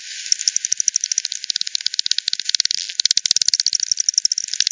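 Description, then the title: Bat echolocation calls, dense rapid clicking throughout, with a short pause near three seconds. Multiple bats at Hogsmill River, Hogsmill Lane, 7 October 2020, 18:10 UTC; recorded via frequency division by ten, band-pass filtered, resampled. "bat 20201007 T 18 : 10 Z-Hogsmill-Lane-Hogsmill-River-multiple-bats"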